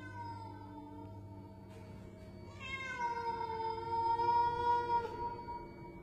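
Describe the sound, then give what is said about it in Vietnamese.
A cat yowls at night in long, drawn-out, wavering cries that swell louder and bend in pitch toward the end, over a steady low hum with no talking. “Bỗng đâu có tiếng con mèo nó kêu lên từng hồi, nghe đến buốt cả ruột.”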